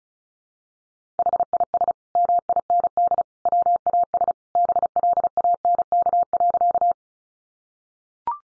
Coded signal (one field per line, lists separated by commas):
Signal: Morse code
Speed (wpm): 34 wpm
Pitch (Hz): 700 Hz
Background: none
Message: HIS MIND WAS BLANK.